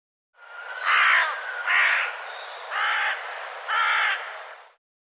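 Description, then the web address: Bird giving four harsh, hoarse caw-like calls, each about half a second long and spaced roughly one second apart. "birddata Deverinetal 2025 Bird Co Co Co Co"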